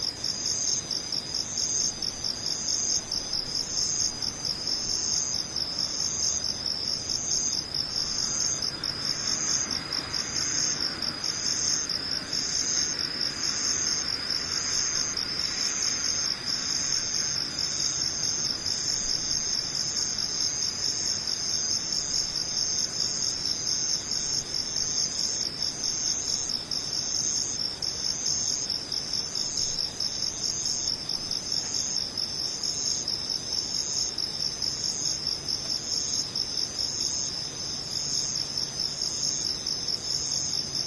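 Insects chirr without pause, a dense, high, pulsing trill that holds steady for the whole recording. The pulses repeat fast and evenly. Between about 8 and 20 seconds a softer, lower hiss swells underneath and then fades.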